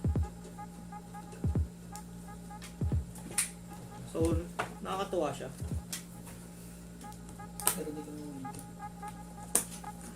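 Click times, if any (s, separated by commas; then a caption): 9.6 s. A DDR4 memory stick is pressed down into a motherboard DIMM slot until its retention clip locks, seating the RAM module. Someone talks over low thuds and handling noises, and the clip snaps shut with a sharp click at 9.6 s.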